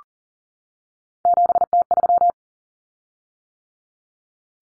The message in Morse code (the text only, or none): 7T3